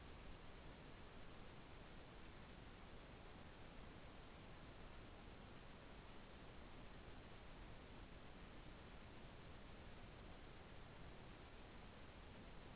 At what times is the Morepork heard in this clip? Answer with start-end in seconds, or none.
none